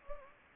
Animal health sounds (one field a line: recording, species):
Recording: mosquito wingbeat signal from an infrared sensor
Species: Anopheles gambiae